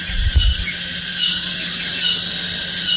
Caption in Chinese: 耳鸣啊是一种叫声音幻觉，它 是在外界环境中没有声源的情况下呢，它感觉到耳内啊或颅内产生声音。最常见的耳鸣呢，一般是蝉鸣。 这个就是蝉鸣。 像有蝉在叫。